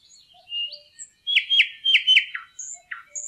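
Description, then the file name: Thrush nightingale giving a short song phrase of slurred whistles and several repeated downward-swooping notes, with thin high whistles at the end. "nattergal"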